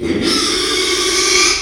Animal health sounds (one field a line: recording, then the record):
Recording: squeal of a Yucatan mini pig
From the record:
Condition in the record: after surgery on the right vocal fold (resection and tissue-engineered implant)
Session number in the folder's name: 2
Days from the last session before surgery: 13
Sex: male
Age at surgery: 12 weeks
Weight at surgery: 13 kg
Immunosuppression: cyclosporine, prednisolone